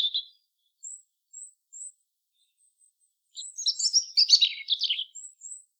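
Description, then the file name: European robin song: a brief high note, then thin, very high whistled notes spaced apart, followed by a rich, rapid, tumbling warbled phrase near the end. "Erithacus rubecula"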